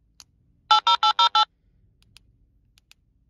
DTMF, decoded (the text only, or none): 80808